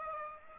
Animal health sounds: mosquito wingbeat signal from an infrared sensor; Aedes aegypti

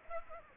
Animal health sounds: mosquito wingbeat signal from an infrared sensor; Aedes aegypti

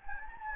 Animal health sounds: mosquito wingbeat signal from an infrared sensor; Anopheles gambiae

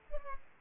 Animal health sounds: mosquito wingbeat signal from an infrared sensor; Culex pipiens

